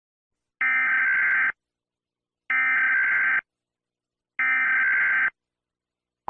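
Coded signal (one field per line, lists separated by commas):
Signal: Emergency Alert System (SAME) tones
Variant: header bursts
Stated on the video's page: Fictional Emergency Alert System scenario using valid SAME tones.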